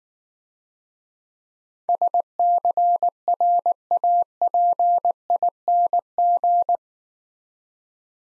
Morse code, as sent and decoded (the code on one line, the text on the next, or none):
... -.-. .-. .- .--. .. -. --.
SCRAPING